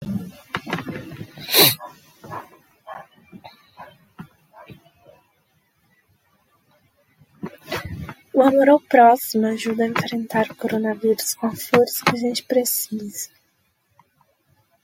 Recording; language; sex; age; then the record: spoken sentence; Brazilian Portuguese; female; 20 to 29 years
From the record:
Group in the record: control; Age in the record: 24 years